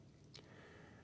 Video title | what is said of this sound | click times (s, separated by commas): Switch Adapting Bubble Blower | Once we get that snapped into place, I like to test it again, because sometimes things aren't quite aligned, | 0.4 s